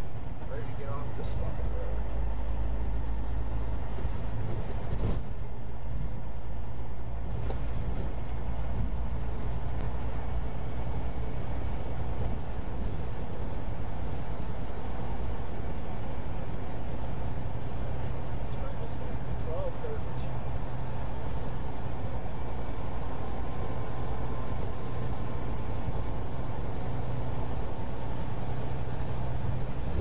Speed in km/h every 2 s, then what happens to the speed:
44, 44, 44, 45, 48, 48, 48, 50, 50, 52, 50, 50, 50, 50, 52.
0-30 steady at about 50.